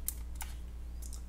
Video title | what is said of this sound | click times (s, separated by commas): Andonstar ADSM302 Digital Microscope Review | I'm actually gonna put my 32 gig card in till it clicks in | 0.1 s